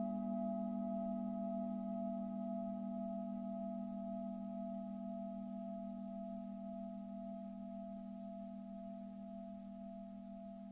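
Singing bowls of different sizes resonate together in a long, sustained hum, with a deep warm tone near the bottom and several clear, bright overtones ringing steadily above. The sound neither changes pitch nor restarts, slowly fading in loudness across the eleven seconds.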